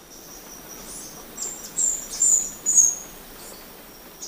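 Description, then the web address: Brown Inca giving a short run of three high, thin squeaky notes, with faint hiss behind. Ecuador. "Natures Songs S America Birds of Ecuador Brown Inca"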